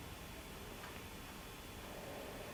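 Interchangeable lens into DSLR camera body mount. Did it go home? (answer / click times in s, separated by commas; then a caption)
no / none. An interchangeable lens is handled near a Canon EOS 200 DSLR camera body after the cover has been taken off the body's mount, before the lens is lined up and twisted on. Only faint handling sounds are heard over a steady, low broadband hiss, with no sharp transients. The lens has not seated or clicked into the mount yet.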